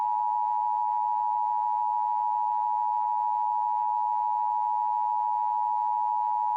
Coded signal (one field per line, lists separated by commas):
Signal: Emergency Alert System (SAME) tones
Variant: 853 and 960 Hz attention tone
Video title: EAS SCENARIO - What Lies Down There?